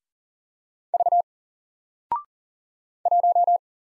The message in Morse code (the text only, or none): V 1